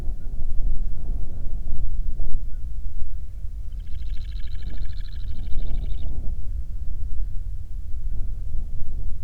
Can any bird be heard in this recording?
yes